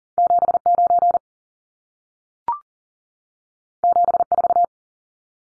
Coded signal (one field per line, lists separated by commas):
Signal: Morse code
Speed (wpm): 40 wpm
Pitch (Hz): 700 Hz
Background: none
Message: 79 74